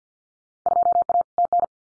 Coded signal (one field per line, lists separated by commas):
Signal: Morse code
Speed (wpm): 50 wpm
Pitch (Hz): 700 Hz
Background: none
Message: 2A TN